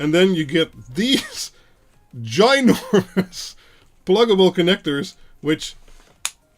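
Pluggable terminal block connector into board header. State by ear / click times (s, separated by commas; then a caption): seated / 6.2 s. A large pluggable screw-terminal connector is pushed into its header on a circuit board while someone talks. A single sharp, loud snap lands at 6.2 s as the connector seats into place.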